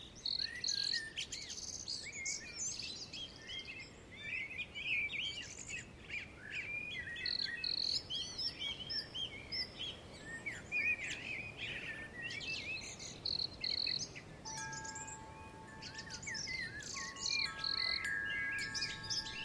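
Birds chirp and sing through the trees, with many overlapping high calls forming a busy, continuous chorus. Bright repeated whistles return every few seconds, and near the end steady sustained whistled tones appear. A low, soft rumbling noise sits underneath throughout.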